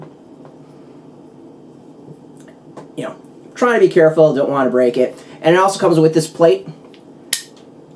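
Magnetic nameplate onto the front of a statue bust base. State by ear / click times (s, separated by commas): seated / 7.3 s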